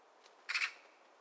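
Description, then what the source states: Magpie screech: a harsh, chattering burst of three rapid rasping pulses, with a faint click just before. Screeching from the top of a birch tree.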